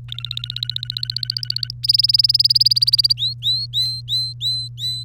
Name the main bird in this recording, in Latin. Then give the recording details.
Serinus canaria. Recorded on 3 May 2018 at 12:22. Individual llb3